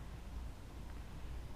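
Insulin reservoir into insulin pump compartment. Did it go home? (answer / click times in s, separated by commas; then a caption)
no / none. A plastic insulin reservoir is guided toward the compartment opening on an insulin pump, lined up before being turned to lock. Only a steady, low hiss of background noise is heard, with no sharp transients. Nothing has seated or clicked yet.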